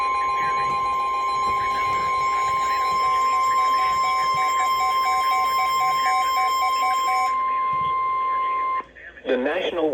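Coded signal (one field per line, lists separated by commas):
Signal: Emergency Alert System (SAME) tones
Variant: 1050 Hz attention tone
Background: speech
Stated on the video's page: Five consecutive alert headers from NOAA Weather Radio station KIG86 in Columbus, Ohio: tornado, flood and three severe thunderstorm warnings.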